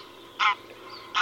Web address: Гусь серый Oca selvatica